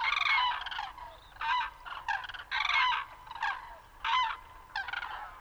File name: Grue-cendrée-Grus-grus